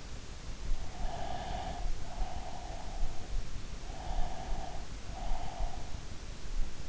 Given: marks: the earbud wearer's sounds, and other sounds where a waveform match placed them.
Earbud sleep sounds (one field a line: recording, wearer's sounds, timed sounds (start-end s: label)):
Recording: sounds in sleep by an in-ear microphone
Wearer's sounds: breath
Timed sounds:
0.92-3.24 s: breath
3.95-6.02 s: breath